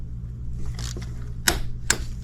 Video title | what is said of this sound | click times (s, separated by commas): Hyundai Sonata : P0011 & P2006 intake manifold Replacement Part 2 | right there torque wrench clicked | 1.5 s, 1.9 s